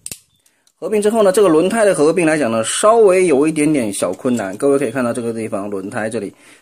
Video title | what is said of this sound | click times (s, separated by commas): 0530 變形金剛分享時間530集 Combiner Wars DELUXE Protectobot Groove 車轍 | 瞄一下就好了，这边扣上来，两腿呢做一个合并，合并 | 0.1 s